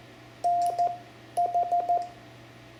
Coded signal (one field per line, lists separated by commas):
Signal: Morse code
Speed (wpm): 14 wpm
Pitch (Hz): 700 Hz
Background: none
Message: NH